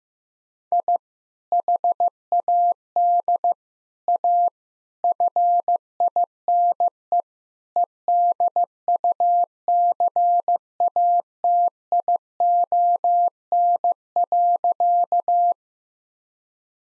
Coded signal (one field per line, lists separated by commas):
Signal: Morse code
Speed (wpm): 16 wpm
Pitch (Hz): 700 Hz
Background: none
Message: I HAD A FINE EDUCATION.